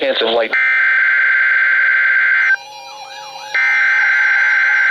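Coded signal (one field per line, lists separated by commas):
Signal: Emergency Alert System (SAME) tones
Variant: header bursts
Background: speech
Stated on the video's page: Required Weekly Test on NOAA Weather Radio station KEC60 Milwaukee.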